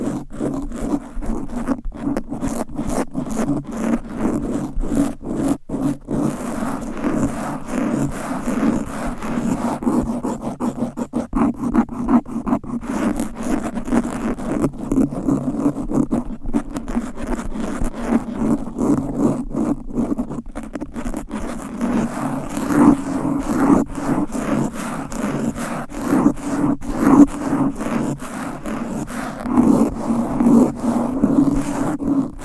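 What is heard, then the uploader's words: Fast, aggressive scratching on a microphone runs for the whole span, a dense rasping rub with a low, thick rumble underneath. Sharp clicks and scrapes break through constantly in quick, irregular bursts, thinning briefly around 11 and 20 seconds before growing louder toward the end. ASMR Fast and Aggressive Mic Scratching.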